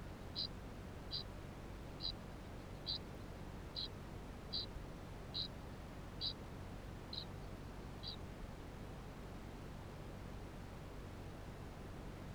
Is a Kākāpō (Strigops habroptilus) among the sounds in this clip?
yes